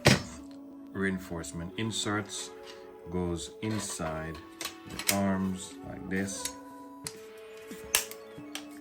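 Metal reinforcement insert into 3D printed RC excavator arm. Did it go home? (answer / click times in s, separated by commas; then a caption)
yes / 7.9 s, 8.5 s. Metal reinforcement inserts are pushed into the 3D printed arm of an RC excavator while someone talks over background music. Sharp clicks at 8.0 s and 8.6 s mark the inserts snapping into place.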